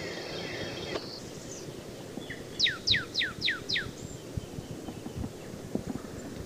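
Northern cardinal song: five down-slurred whistles in a row, each sweeping from high to low, over steady background noise.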